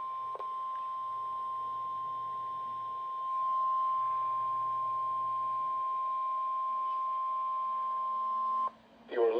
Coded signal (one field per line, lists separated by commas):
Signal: Emergency Alert System (SAME) tones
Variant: 1050 Hz attention tone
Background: speech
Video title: EAS #3 | PBZ Required Weekly Test